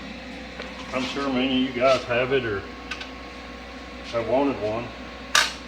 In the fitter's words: the handle locks in place